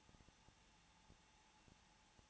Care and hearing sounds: daily activity, microphone in the room; no activity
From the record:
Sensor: 1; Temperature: 20.2 degrees Celsius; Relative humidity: 35.7%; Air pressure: 994.5 hPa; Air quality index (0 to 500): 181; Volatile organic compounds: 7 ppm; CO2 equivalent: 1989 ppm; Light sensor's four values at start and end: 1/2/1/1 and 1/2/1/1

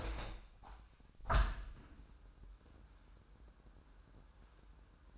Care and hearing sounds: daily activity, microphone in the room; open window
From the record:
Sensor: 2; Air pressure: 998.0 hPa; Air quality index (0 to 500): 148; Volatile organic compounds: 4 ppm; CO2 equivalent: 1672 ppm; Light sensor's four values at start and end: 9/29/11/11 and 10/29/11/11

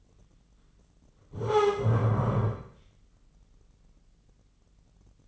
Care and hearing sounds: daily activity, microphone in the room; stand up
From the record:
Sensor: 4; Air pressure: 996.7 hPa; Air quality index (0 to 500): 241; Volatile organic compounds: 352 ppm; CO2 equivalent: 4588 ppm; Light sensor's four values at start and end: 46/113/46/46 and 46/113/46/46

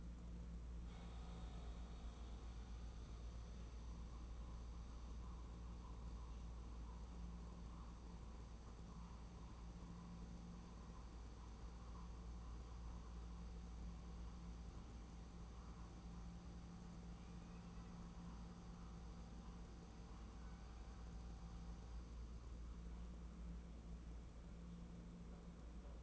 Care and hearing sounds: daily activity, microphone in the room; make coffee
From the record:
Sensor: 1

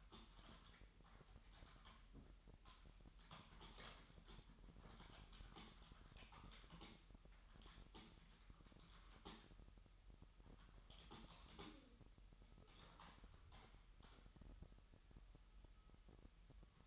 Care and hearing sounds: daily activity, microphone in the room; typing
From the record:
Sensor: 3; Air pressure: 1002.0 hPa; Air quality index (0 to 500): 246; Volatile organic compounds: 50 ppm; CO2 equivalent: 3295 ppm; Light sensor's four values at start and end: 13/38/16/14 and 13/39/16/14

